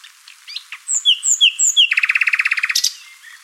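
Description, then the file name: Common nightingale song: a few clear whistled notes, then a fast, even rattle of many repeated notes ending in a sharp high note. "Luscinia megarhynchos"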